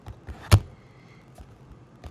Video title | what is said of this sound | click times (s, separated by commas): Logitech Slim Folio iPad Keyboard Case Review (9th Generation) | you get a really nice click right there clicks right in place and it's very firm | 0.5 s